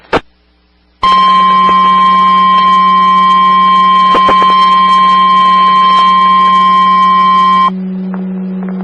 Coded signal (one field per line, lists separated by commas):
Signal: Emergency Alert System (SAME) tones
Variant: 1050 Hz attention tone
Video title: 2014-06-17 - W3MIE 145.130 MHz Meadville ARES/RACES SKYWARN Repeater